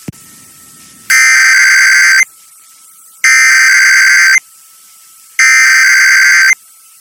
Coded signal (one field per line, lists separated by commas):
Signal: Emergency Alert System (SAME) tones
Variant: header bursts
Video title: [EAS #2076-#2079] KTSB, WGY, Air1 & KWIZ Required Weekly Tests